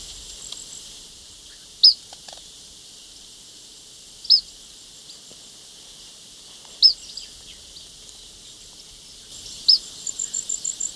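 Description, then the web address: Vermilion Flycatcher giving single sharp high chips every two to three seconds, ending with a rapid run of thin repeated notes. Ecuador. "Birds of Ecuador 3-06 Vermillion Flycatcher"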